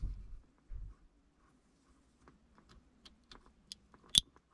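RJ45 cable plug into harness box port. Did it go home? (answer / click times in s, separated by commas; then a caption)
yes / 4.2 s. An RJ45 network cable plug is pushed into the port on a plastic harness box. After low rumbles and a few faint taps and rattles, the plug clicks sharply into place at 4.2 s and is seated.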